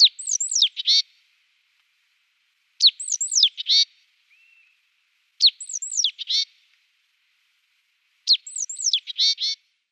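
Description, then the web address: Great tit calling in repeated phrases: quick high twisting notes followed by a buzzy chattering burst, recurring every two to three seconds. "Schulze Peter Great Tit calls"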